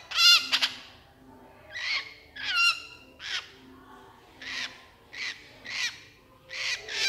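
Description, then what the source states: Horsfield's bush lark song: separate short whistled phrases with quiet gaps between. Super gacor (vigorous, continuous) singing; a masteran recording for training cage songbirds.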